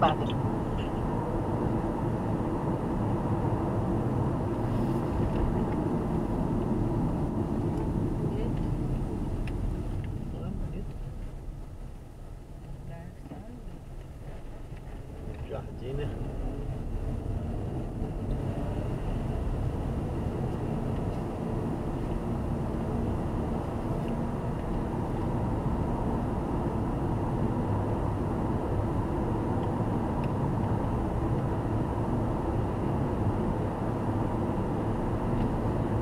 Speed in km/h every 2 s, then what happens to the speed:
72, 71, 61, 43, 22, 14, 14, 25, 38, 48, 55, 60, 65, 68, 70, 74, 76, 80.
0-9 brakes to 14. 12-36 speeds up to 80.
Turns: none.